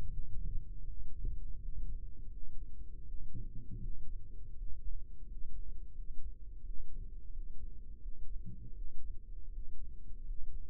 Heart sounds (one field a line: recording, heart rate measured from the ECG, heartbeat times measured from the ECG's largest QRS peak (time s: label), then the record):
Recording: heart sounds by microphone in the right ear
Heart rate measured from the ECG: 83 bpm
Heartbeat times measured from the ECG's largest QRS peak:
0.07 s: heartbeat
0.82 s: heartbeat
1.57 s: heartbeat
2.27 s: heartbeat
3.02 s: heartbeat
3.77 s: heartbeat
4.53 s: heartbeat
5.23 s: heartbeat
5.91 s: heartbeat
6.60 s: heartbeat
7.29 s: heartbeat
7.98 s: heartbeat
8.71 s: heartbeat
9.49 s: heartbeat
10.21 s: heartbeat
From the record:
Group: healthy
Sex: male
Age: 22 years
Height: 181 cm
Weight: 60 kg